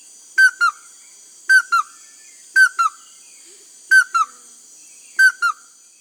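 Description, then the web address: Chestnut-headed crake uttering five double whistles, the second note of each pair lower and trailing off, with continuous insect buzzing behind. Recorded in the Amazon of Peru. "Birds of the Amazon. Chestnut-headed Crake (Anurolimnas castaneiceps), Peru"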